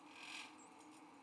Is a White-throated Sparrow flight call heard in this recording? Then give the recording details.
no. Another species' flight call is heard. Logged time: 05:13 on 5 December 2014